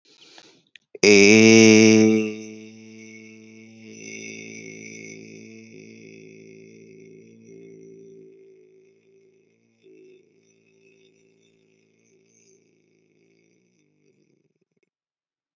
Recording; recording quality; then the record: sustained vowel as in made; excellent, no background noise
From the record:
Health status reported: healthy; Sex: male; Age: 21 years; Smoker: no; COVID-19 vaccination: both doses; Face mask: not worn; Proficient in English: yes